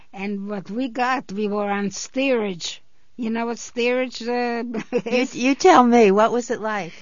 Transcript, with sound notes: And what we got, we were on steerage. You know what steerage is? (she laughs)
You tell me. What was it like?